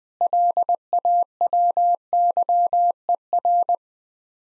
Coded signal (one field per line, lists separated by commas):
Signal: Morse code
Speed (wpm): 20 wpm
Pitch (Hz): 700 Hz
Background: none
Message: LAWYER